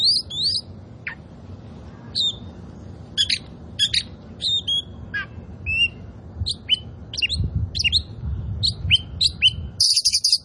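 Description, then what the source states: Oriental magpie-robin song: scattered whistled and slurred notes with a few sharp chips, ending in a harsh buzzy burst, over a low background hum. Kacer poci variety, described as gacor, singing vigorously and continuously.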